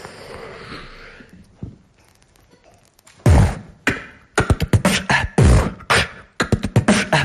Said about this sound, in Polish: Co to wybuch, gdzie, ach, tam. Pachnie siarką, siarką, och. Huk był straszny, więc to proch. Spójrzcie w górę, ile dymu.